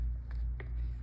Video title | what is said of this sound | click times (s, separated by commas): HUNGER AND CRAVINGS DAY 3 OF OUR CARNIVORE DIET #carnivore #keto #weightloss | oh I can feel it snapping you know if you do it right | 0.6 s